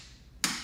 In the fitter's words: twist until it clicks so